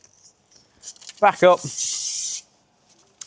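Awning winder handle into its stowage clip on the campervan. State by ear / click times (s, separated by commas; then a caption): seated / 3.2 s. The telescopic awning winder handle on a 2025 Sunlight Cliff 540 campervan is slid back in and pushed together into itself while someone talks, with a broad hissing sound from about 1.8 to 2.4 s. It then clicks into its stowage holder at the top with a short, sharp click at 3.2 s, and is seated.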